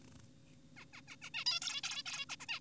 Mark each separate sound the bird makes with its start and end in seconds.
0.77-0.85, 0.93-1.02, 1.08-1.16, 1.22-1.30, 1.34-1.44, 1.46-1.60, 1.62-1.82, 1.84-2.03, 2.06-2.25, 2.30-2.36, 2.40-2.46, 2.49-2.60